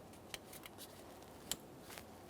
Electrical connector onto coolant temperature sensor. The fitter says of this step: Line up your locking tab. Listen for a click.